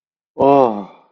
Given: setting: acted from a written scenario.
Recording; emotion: vocal sound without words; awe